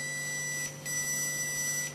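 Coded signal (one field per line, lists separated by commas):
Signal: beep code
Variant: electronic dog collar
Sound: two long high-pitched electronic beeps with a brief pause between them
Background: low electrical hum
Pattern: 2 long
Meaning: The collar is switched on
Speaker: and there's the two beeps to tell us it's on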